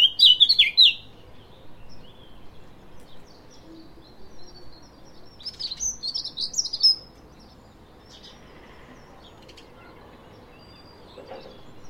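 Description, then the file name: Eurasian blackcap: a loud, brief scratchy warble at the start, a softer twittering phrase a few seconds later, then quiet. "Sylvia atricapilla"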